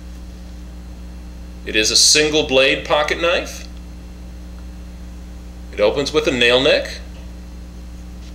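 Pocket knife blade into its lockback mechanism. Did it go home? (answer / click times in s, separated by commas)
no / none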